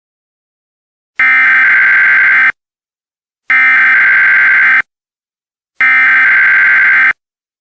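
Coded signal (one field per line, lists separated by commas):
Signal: Emergency Alert System (SAME) tones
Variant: header bursts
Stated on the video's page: Fictional EAS scenario, not a real alert.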